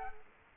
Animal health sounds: mosquito wingbeat signal from an infrared sensor; Culex quinquefasciatus

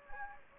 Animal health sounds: mosquito wingbeat signal from an infrared sensor; Anopheles gambiae

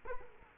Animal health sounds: mosquito wingbeat signal from an infrared sensor; Culex quinquefasciatus

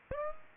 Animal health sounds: mosquito wingbeat signal from an infrared sensor; Aedes aegypti

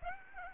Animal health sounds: mosquito wingbeat signal from an infrared sensor; Aedes aegypti

